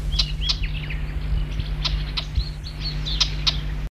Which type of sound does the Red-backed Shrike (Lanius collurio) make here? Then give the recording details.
call. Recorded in the wild. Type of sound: call. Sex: female. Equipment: Halbspur, 9,5 cm/s. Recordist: Lütgens, Hans. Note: Süd-West-Afrika; Weibchen